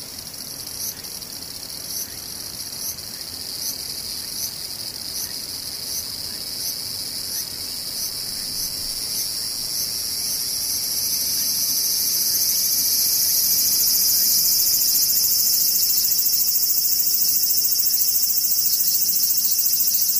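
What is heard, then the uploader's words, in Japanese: Cicadas and insects shrill high and thin. For the first ten seconds the sound pulses in quick, regular beats; then it swells and blends into a steady, louder drone that holds to the end. A faint low rumble sits underneath. セミムシ。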